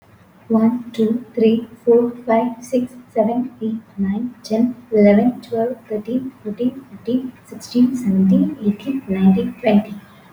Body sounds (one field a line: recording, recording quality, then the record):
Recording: counting at a fast pace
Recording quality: excellent, no background noise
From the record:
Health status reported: healthy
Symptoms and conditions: none ticked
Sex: female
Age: 20 years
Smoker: not ticked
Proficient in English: yes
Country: India